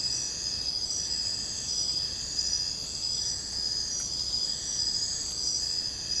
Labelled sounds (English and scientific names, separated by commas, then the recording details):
none
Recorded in secondary vegetation near Puerto Asís, Putumayo, Colombia, on 22 December 2024 at 00:00
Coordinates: 0.499, -76.323
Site G010